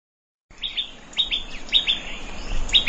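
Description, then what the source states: Plain Prinia song: short paired chirps near one pitch, repeated in quick bursts after half a second of silence. Recorded in a rice field.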